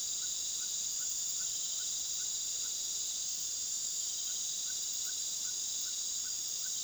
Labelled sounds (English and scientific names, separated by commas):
none